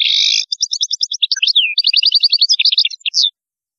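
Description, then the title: European goldfinch song: a loud, continuous run of rapid, liquid twittering and tinkling notes with a few slurred elements, lasting about three seconds. "Chant Chardonneret"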